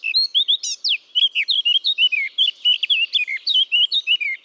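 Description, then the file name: Eurasian blackcap delivering a loud, rich string of fluty whistles, each note clear and slurred, repeated briskly for the whole stretch. "Sylvia atricapilla"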